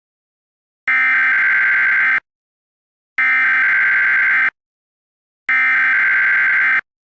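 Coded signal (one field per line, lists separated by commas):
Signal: Emergency Alert System (SAME) tones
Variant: header bursts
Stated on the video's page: Fictional alert scenario about a hurricane striking southern Florida.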